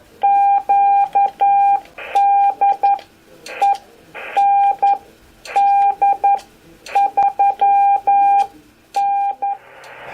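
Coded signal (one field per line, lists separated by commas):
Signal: Morse code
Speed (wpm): 11 wpm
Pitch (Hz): 800 Hz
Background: none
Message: Q DE ND3N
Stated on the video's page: Icom IC-718 set up for CW transmit, keyed via keyer, mic buttons or WinKeyer USB, into a dummy load for practice.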